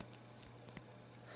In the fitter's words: but it does kind of, I don't know if you can hear it, kind of locks in place there.